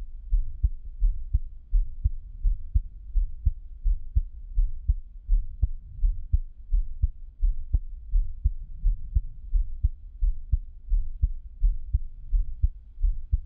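A heartbeat thumps steadily for the whole clip at roughly ninety beats a minute. Each beat is a deep, muffled double knock, low and soft-edged, with a faint low rumble filling the gaps between them.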